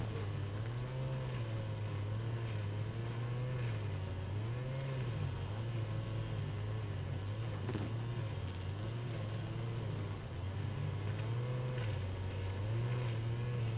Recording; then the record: honeybee colony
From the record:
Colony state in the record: active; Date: 12 June 2018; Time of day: 4:20